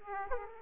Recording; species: mosquito wingbeat signal from an infrared sensor; Aedes aegypti